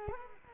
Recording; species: mosquito wingbeat signal from an infrared sensor; Culex quinquefasciatus